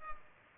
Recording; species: mosquito wingbeat signal from an infrared sensor; Culex pipiens